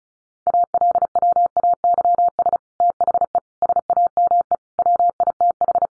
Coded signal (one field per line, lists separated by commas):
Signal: Morse code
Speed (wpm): 34 wpm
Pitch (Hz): 700 Hz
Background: none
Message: ALWAYS THE SAME WITH